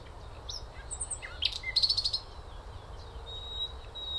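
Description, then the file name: Common nightingale song: a few soft whistles then a fast rattling trill of repeated notes near the middle, with faint background hum. "Luscinia megarhynchos"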